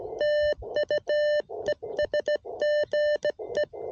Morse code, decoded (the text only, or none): TU ES GE